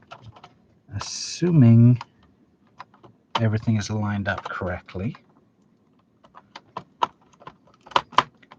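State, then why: Seated. A plastic Lego building-brick subassembly is lined up over small receiving clips on a Lego Ghostbusters Ecto-1 model and pushed down. Someone talks, then a series of light plastic taps and clicks leads to two sharp clicks at 8.0 s and 8.2 s as the subassembly seats into the clips.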